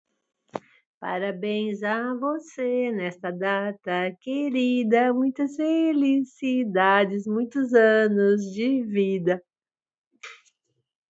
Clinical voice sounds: short text; Brazilian Portuguese; female; 50 to 59 years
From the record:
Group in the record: control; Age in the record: 54 years

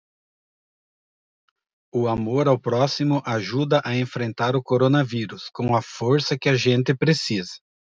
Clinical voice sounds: spoken sentence; Brazilian Portuguese; male; 50 to 59 years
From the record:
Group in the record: control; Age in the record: 50 years

